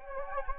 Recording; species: mosquito wingbeat signal from an infrared sensor; Anopheles gambiae